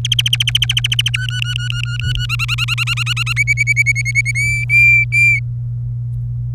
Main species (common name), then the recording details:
Domestic Canary. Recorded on 26 April 2018 at 15:53. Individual llb3